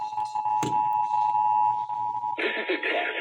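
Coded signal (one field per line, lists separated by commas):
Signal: Emergency Alert System (SAME) tones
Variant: 853 and 960 Hz attention tone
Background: speech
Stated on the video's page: Emergency Alert System tones from Texas' required monthly test, aired on local radio and TV stations.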